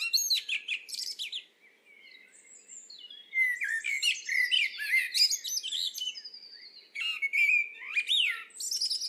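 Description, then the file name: Common blackbird singing varied fluty phrases mixed with thin, high twittering notes, in rich bursts with short gaps between them. "Turdus merula"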